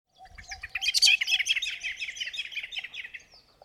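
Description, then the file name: Common blackbird twittering: a dense, fast jumble of squeaky, chattering notes lasting several seconds, over a low steady hum. "Turdus merula"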